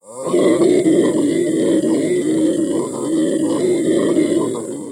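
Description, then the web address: Howler monkey howl: a deep continuous roaring drone with rough pulsing texture, sustained throughout with slight swells in loudness. "Nestle Animal Planet Land. HOWLER"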